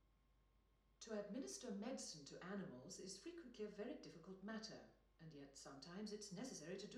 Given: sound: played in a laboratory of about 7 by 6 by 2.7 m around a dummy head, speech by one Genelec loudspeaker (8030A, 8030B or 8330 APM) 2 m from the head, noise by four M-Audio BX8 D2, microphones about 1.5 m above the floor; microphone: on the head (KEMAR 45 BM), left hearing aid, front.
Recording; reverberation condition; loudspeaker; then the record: female speech in English; medium; 150 degrees to the left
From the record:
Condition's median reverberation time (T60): about 510 ms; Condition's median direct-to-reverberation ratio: about -0.5 dB